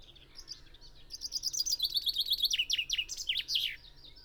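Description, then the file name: Common chaffinch song: a rapid series of bright notes falling in pitch and ending in a flourish, nearly three seconds long. "Fringilla coelebs"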